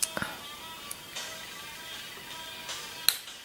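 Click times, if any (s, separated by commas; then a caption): 3.1 s. The metal top cap of a ScarVape Nectar micro RDA (a micro rebuildable atomizer) is pressed down onto the tank during reassembly. A few faint ticks of handling sound early on, then a sharp, bright click rings out at 3.1 s as the top cap clips onto the tank and seats.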